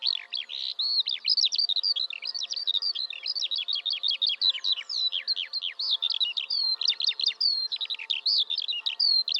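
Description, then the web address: Bird song, a nonstop rapid twitter of high sweeping chirps and trills, quick notes tumbling over one another. "Bird Only"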